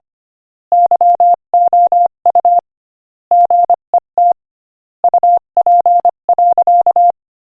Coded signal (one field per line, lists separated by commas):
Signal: Morse code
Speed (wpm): 24 wpm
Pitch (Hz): 700 Hz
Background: none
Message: YOU GET UP.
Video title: Morse Code Practice: 25 wpm Inspirational Quote 1